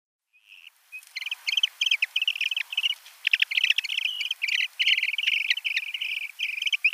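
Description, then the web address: Eurasian dotterel display calls starting with a single soft note, then a long run of high, rapid trilled and chattering notes. "Schulze Peter Dotterel"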